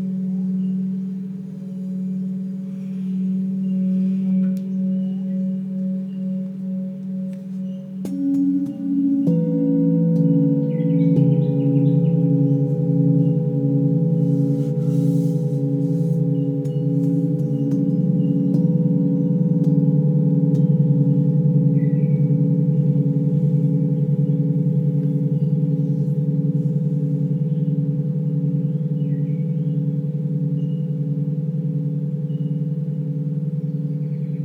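Singing bowls ring in long, sustained low tones that overlap and hum with a slow, pulsing waver. Around eight to ten seconds new, deeper and higher tones enter, thickening the drone, which then holds steady and loud to the end, with faint light clinks above.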